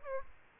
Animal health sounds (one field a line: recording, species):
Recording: mosquito wingbeat signal from an infrared sensor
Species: Aedes aegypti